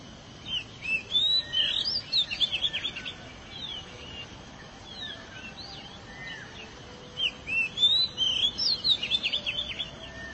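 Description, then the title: Oriental magpie-robin giving two bursts of varied whistles, slurred notes and quick trills, separated by a quieter stretch, against persistent background hiss. "Suara Kicauan Burung Kacer Durasi Panjang"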